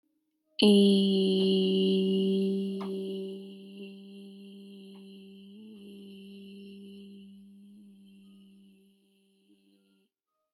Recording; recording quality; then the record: sustained vowel as in beet; excellent, no background noise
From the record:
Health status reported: exposed to COVID-19, no respiratory illness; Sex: female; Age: 18 years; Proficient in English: yes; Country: Canada